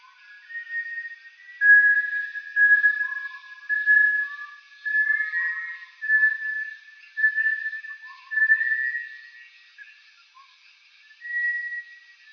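Bartlett's tinamou giving clear, drawn-out whistles that waver slightly, repeated several times, with softer lower whistled notes and a steady high hum behind.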